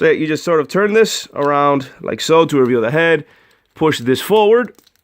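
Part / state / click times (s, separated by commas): plastic head/chest section of a transforming toy robot pushed into its locked position / not seated / none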